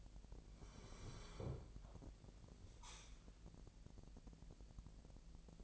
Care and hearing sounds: daily activity, microphone in the room; sit down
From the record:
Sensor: 5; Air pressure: 1001.7 hPa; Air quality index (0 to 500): 248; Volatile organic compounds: 31 ppm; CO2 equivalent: 2970 ppm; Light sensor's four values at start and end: 46/107/44/45 and 46/107/44/45

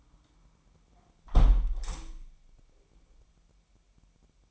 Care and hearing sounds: daily activity, microphone in the room; close window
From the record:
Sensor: 1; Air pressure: 998.6 hPa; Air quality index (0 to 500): 137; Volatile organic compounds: 4 ppm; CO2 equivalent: 1650 ppm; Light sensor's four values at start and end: 11/26/10/13 and 10/25/10/12

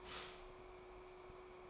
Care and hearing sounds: daily activity, microphone in the room; stop toaster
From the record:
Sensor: 1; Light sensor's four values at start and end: 4/9/3/3 and 4/9/3/3

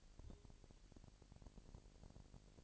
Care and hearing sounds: daily activity, microphone in the room; take from stove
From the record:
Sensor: 5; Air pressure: 1002.1 hPa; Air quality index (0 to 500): 249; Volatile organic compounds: 9 ppm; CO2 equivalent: 2125 ppm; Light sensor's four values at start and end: 26/57/24/27 and 25/56/24/26

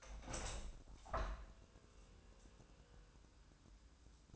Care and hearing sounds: daily activity, microphone in the room; open window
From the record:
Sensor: 2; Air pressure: 1000.3 hPa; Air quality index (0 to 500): 162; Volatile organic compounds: 3 ppm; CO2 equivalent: 1346 ppm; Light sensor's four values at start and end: 11/30/11/13 and 11/31/12/14

